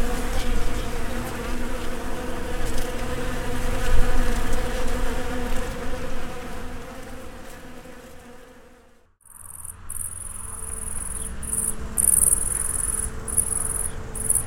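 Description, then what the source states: Bees hum in a low continuous drone that fades after about nine seconds; a high, thin insect trill in short bursts follows. Recorded between 2010 and 2012.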